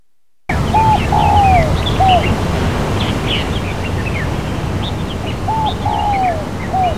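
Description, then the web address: Dove repeating a cooing phrase twice, short notes leading to a long falling coo, with scattered high chirps of other birds and steady low noise. "birdcall Sdove"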